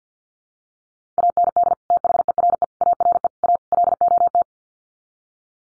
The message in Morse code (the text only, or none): AND THERE ARE A LOT